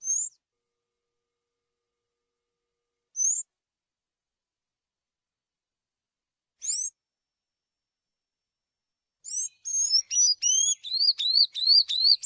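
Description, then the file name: Sayaca tanager song: three isolated high squeaky notes spaced a few seconds apart, then a quick series of slurred chirps. "sanhaco azul"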